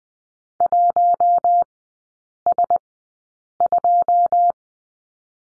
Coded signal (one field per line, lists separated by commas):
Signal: Morse code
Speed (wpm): 20 wpm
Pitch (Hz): 700 Hz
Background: none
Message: 1S2